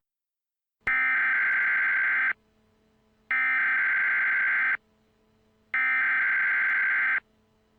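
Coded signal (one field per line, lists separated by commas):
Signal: Emergency Alert System (SAME) tones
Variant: header bursts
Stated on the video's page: Fictional EAS scenario depicting a false alarm from a hacked alert system; simulated, not a real broadcast.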